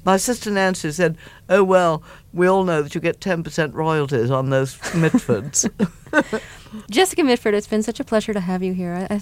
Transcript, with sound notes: My sister Nancy said, oh, well, we all know that you get 10% royalties on those Mitfords.
(LAUGHTER)
Jessica Mitford, it's been such a pleasure to have you here.